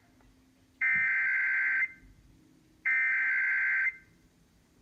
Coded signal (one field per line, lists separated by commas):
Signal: Emergency Alert System (SAME) tones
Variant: header bursts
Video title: [EAS #33] Severe Thunderstorm Warning on 93.1 FM KFBK